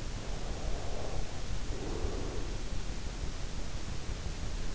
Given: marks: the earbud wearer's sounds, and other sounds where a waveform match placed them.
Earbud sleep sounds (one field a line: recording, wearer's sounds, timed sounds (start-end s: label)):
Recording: sounds in sleep by an in-ear microphone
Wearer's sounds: breath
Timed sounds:
0.19-3.10 s: breath